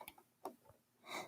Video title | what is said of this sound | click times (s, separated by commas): Demos With Dave: Episode 16 - Acela | and you hear that click or you feel that click that's when you know it's closed | 0.5 s